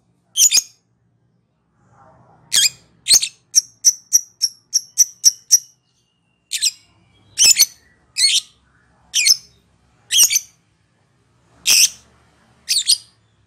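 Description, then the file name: Lovebird calls: loud, rasping squawks scattered at irregular intervals, with a quick run of about seven short, thin chirps between them. Lovebird calling in the ngekek style, the local name for a song type. "suara burung lovebird ngekek"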